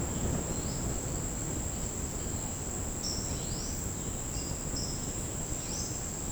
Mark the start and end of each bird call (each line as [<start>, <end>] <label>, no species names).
[0.49, 0.86] bird call
[3.13, 3.80] bird call
[4.35, 5.16] bird call
[5.66, 5.92] bird call